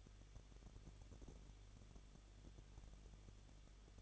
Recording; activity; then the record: daily activity, microphone in the room; no activity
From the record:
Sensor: 4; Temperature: 23.0 degrees Celsius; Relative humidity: 34.4%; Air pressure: 1007.3 hPa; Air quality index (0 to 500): 216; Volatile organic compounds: 15 ppm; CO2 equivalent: 2502 ppm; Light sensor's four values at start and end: 2/3/1/1 and 2/3/1/1